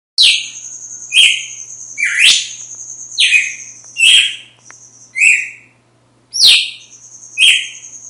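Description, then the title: Red-cowled cardinal delivering a series of strong, clear whistled notes with sharp falling slurs, roughly one per second with brief gaps, over a high thin steady tone. Female; sings strongly at dawn after the moult. "Canto Galo Campina Fêmea. GALO DE CAMPINA AÇOITA FORTE NA MADRUGADA DEPOIS DA MUDA"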